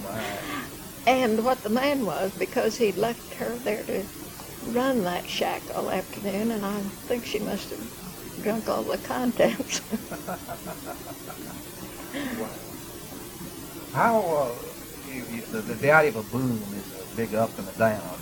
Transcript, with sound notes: -- and what the man was, because he left her there to run that shack all afternoon, and I think she must have drunk all the contents.
(Laughter) Wow. How-- you said the (Indecipherable) of a boom is a big up and a down.